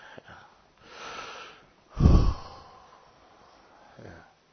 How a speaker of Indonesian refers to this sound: Mujarrad. Hanya tarik napas. Karena sudah mau marah.